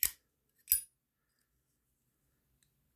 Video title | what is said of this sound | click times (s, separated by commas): Vintage 1975 Purina Kitten Chow Zippo | you make the click sound when you opened it and now it does | 0.0 s, 0.7 s